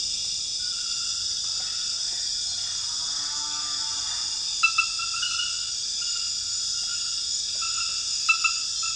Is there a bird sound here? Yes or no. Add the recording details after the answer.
no. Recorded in dense forest near Puerto Asís, Putumayo, Colombia, on 12 March 2025 at 23:00. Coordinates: 0.484, -76.325. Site G045